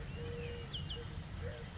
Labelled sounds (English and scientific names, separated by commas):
Eurasian Collared Dove (Streptopelia decaocto)